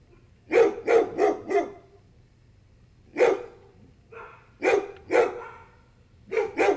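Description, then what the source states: Dogs giving bursts of barks, a quick run of four, then single and paired barks with quiet gaps. A group of dogs barking and howling together.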